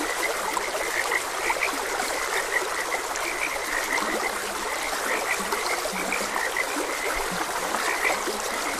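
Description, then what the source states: Dense frog chorus of repeated mid-pitched croaks plus several low croaks, heard over a constant rush of flowing water. Frogs croaking beside a gentle stream.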